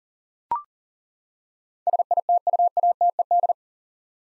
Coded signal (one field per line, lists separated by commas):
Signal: Morse code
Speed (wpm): 38 wpm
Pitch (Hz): 700 Hz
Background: none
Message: SITUATED